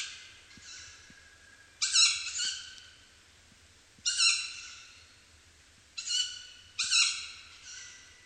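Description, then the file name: Tawny owl juvenile giving hoarse, hissing begging calls, single or paired, spaced about two seconds apart, with quiet low background noise. Juvenile bird in Janakkala in 2009. "lehtopollojuv janakkala 2009"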